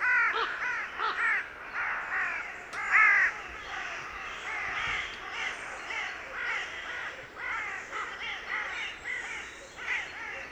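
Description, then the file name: Carrion crow cawing repeatedly, many short harsh rasping notes overlapping in a continuous, uneven stream, with background hiss throughout. "Corvus corone"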